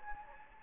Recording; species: mosquito wingbeat signal from an infrared sensor; Anopheles gambiae